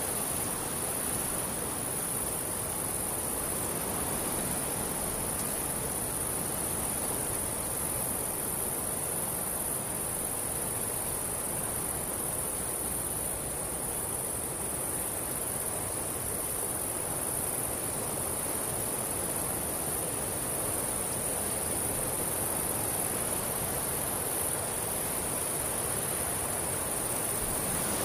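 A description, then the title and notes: A woodland meadow ambience dominated by a steady, high, continuous insect trill, likely crickets, holding unchanged for the whole half minute. Beneath it runs a dense, even low rustle like wind or traffic, with no distinct events standing out. Woodland Meadow: ambient soundscape. Wind #ambient #animals #natural.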